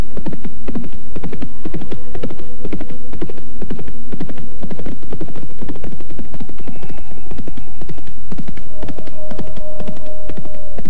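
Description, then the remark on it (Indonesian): Horses gallop with a rapid, steady clatter of hooves, loud and continuous throughout, over a low rumbling hum and a few faint sustained tones. “Bayangan itu mengikuti lari kuda kita.”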